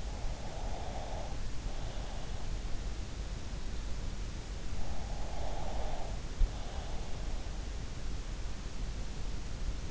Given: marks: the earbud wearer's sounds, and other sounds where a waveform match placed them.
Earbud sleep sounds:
sounds in sleep by an in-ear microphone; breath
0.00-2.33 s: breath
4.85-7.40 s: breath

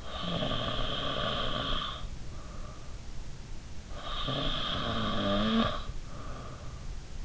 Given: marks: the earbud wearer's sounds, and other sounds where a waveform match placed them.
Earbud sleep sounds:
sounds in sleep by an in-ear microphone; snoring breath
0.00-2.84 s: snoring breath
3.95-6.73 s: snoring breath

